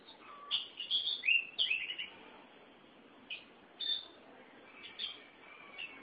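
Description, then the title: Oriental magpie-robin with a quick cluster of warbled whistles, then sparser single whistled notes over a quiet hiss. "Suara Kicauan Burung Kacer Durasi Panjang"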